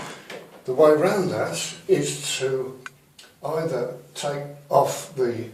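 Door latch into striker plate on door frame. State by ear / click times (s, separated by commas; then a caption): seated / 0.3 s. A door latch catches on a striker plate on the door frame that is out of position, seating only when the door is given an extra tug and making a single click at 0.3 s. Someone talks through the rest of the clip.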